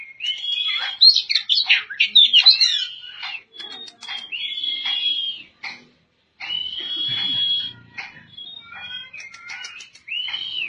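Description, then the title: Oriental magpie-robin singing, with varied twittering phrases mixed with long, clear, level whistles, separated by short pauses and one silent gap midway. "Kacer"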